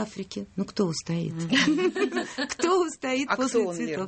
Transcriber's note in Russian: смех